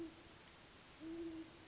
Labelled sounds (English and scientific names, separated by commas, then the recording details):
Great Horned Owl (Bubo virginianus)
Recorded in Sonoma County, California